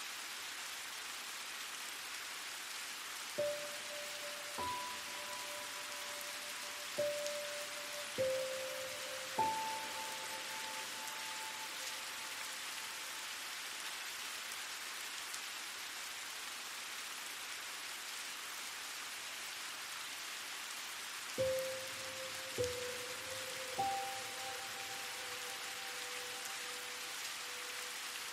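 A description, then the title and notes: Soft, steady rain hiss under sparse struck notes that ring and fade, a cluster near the start and another after twenty seconds. Relaxing Music & Soft Rain.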